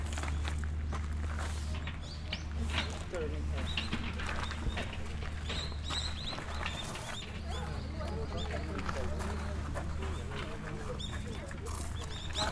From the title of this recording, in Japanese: 京都二条城の行走